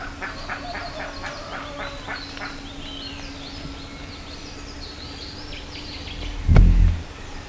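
Bird calls, quick harsh notes for the first seconds before fading, over a steady low tone, then a loud low thump.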